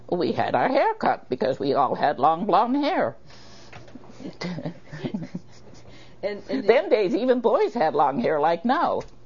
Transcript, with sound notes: We had our hair cut because we all had long, long hair! (laughs)
And - and -
Them days even boys had long hair like now.